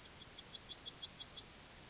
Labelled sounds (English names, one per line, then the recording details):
Yellowhammer song
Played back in grassland
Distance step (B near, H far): C
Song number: 145